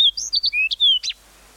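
Fox sparrow song: a quick run of clear whistled and slurred notes lasting about a second, then quiet.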